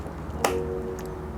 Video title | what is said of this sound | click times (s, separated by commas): Tutorial Merakit Mining Rig Dari Nol !!! - #KelasMining Part 1 | dia udah bunyi klik sampai semua PINnya nutup ya guys tuh ini | 0.4 s